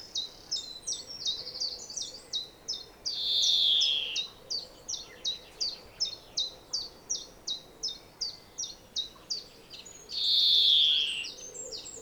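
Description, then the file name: European greenfinch calls: rhythmic high chirps throughout, interrupted twice by a drawn-out, wheezing buzz lasting about a second. "Chloris chloris"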